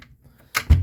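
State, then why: Released. A push-button catch on a cupboard or wardrobe door in a 2017-2018 Burstner Lyseo TD 690G motorhome is pressed. A faint click at 0.0 s is followed by a sharp, much louder click at 0.6 s, then a low, heavy thump around 0.7 s. The latch releases and the door pops open.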